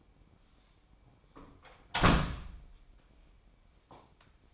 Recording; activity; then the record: daily activity, microphone in the room; close door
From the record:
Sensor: 1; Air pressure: 1012.3 hPa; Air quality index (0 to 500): 168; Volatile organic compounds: 3 ppm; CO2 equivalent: 1375 ppm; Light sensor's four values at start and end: 510/1197/527/627 and 521/1223/538/642